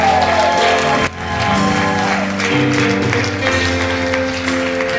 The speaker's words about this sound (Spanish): Amén, gloria a Dios. Dale un fuerte aplauso a él.